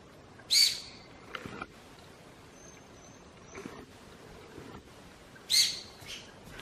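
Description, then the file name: Formosan serow call: a harsh, breathy whistle-snort at the start and another about five seconds later, with soft rustling and brief scuffing noises in between. "臺灣長鬃山羊"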